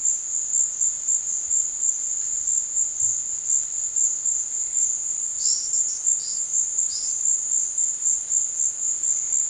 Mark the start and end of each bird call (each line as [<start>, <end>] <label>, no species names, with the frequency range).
[5.34, 7.25] bird call (3.0-6.6 kHz)